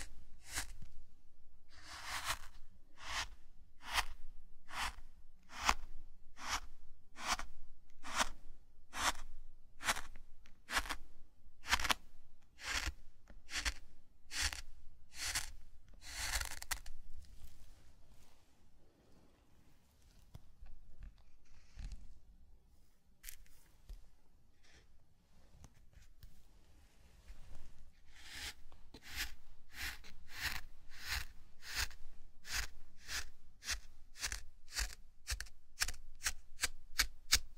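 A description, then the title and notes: Sand being brushed and crinkled in a zen garden, with sharp bright strokes repeating at a quick, fairly even pace. Around the middle, from about 17 to 27 seconds, the strokes stop and only soft scratchy rustling remains, then the rhythmic brushing returns faster. NO TALKING.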